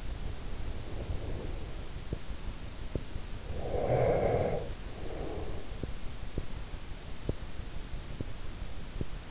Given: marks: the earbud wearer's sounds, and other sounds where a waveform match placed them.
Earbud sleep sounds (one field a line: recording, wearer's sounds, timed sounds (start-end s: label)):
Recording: sounds in sleep by an in-ear microphone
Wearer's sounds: breath, teeth grinding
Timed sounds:
0.38-1.75 s: breath
3.50-5.67 s: breath
5.67-9.31 s: teeth grinding